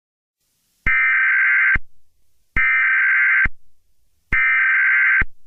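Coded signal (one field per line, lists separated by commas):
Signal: Emergency Alert System (SAME) tones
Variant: header bursts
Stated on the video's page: Fictional EAS scenario; simulated alert, not a real activation.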